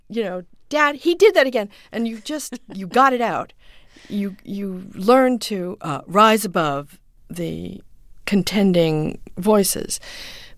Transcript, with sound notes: You know, Dad, he did that again. And you just...
(Laughter).
...You got it out. You learned to rise above the contending voices,